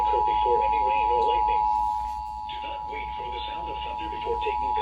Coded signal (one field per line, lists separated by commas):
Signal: Emergency Alert System (SAME) tones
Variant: 853 and 960 Hz attention tone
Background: speech